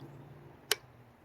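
The manual locking hub dial on the front wheel hub of a 1985 Ford Bronco II is turned again, and its detent clicks sharply into position at 0.7 s over a faint low background hum. The single short, bright snap confirms that the hub has locked into place.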